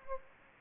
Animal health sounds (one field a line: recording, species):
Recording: mosquito wingbeat signal from an infrared sensor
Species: Anopheles gambiae